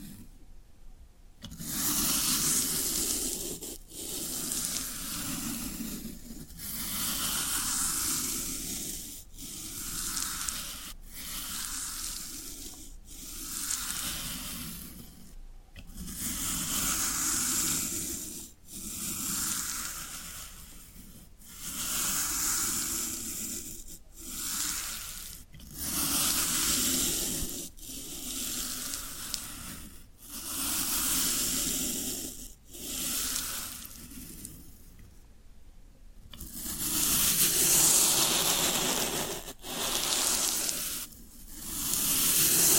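Floral foam is pressed and squeezed, giving bright, fizzing crackles like a soft sizzle. The crackling comes in bursts of two to three seconds, separated by brief silent breaks, and runs steadily through the whole clip over a faint low hum.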